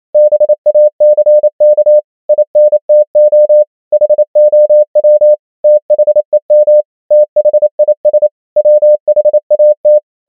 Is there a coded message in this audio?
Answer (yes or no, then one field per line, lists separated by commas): yes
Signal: Morse code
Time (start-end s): 0.1-10.0 s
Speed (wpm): 28 wpm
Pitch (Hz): 600 Hz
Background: none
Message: BACK INTO HOW THEM THIS WHAT